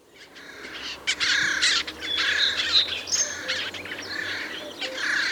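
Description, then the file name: Eurasian jay uttering a run of coarse, grating calls that blur together, mixed with brief thin whistles from other birds. "Garrulus glandarius"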